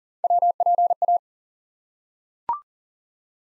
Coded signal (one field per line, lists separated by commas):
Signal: Morse code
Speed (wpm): 42 wpm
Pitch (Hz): 700 Hz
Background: none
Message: WPA